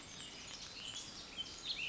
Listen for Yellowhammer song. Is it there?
no